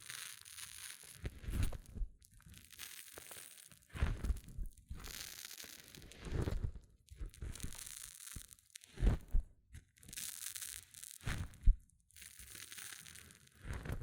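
Hair mousse fizzes and crackles in uneven bursts, with a bright hissing layer that swells and fades every few seconds. Soft low thumps and rubbing sounds come and go beneath it, and sharp crinkly pops stand out near 9 and 12 seconds.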